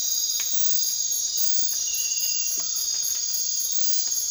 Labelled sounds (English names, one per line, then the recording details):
none
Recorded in dense forest near Puerto Asís, Putumayo, Colombia, on 24 March 2025 at 00:00
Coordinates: 0.503, -76.323
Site GP09